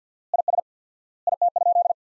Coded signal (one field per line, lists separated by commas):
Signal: Morse code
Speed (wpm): 50 wpm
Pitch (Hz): 700 Hz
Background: none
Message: IS IT?